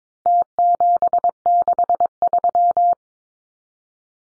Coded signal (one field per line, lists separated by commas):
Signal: Morse code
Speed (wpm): 22 wpm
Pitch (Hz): 700 Hz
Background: none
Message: T763